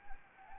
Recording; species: mosquito wingbeat signal from an infrared sensor; Anopheles arabiensis